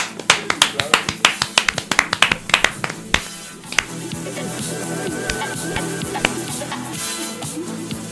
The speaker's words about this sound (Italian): Sono incerto se cercare al volo degli applausi finti o applaudire io stesso, maestro. No, applaudo io stesso.